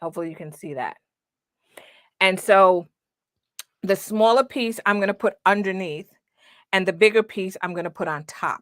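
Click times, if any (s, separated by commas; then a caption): 3.6 s. A small plate of a push-together bag lock is pressed into the larger plate on a bag flap, and the plates snap together with a sharp click at 3.6 s. Someone talks before and after the click, and a faint tick is heard at 1.8 s.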